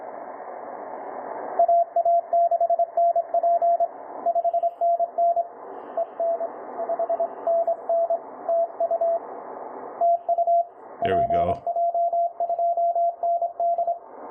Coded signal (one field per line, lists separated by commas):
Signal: Morse code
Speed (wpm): 26 wpm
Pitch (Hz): 680 Hz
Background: speech, radio noise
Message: AA6NP 5NN EN 5NN TU TU PJ2ND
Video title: Working PJ2ND with 100 mw on 20 CW (CW annotated)